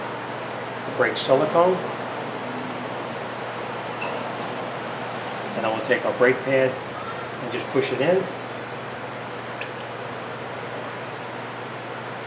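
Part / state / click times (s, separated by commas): rear brake pad into caliper bracket / not seated / none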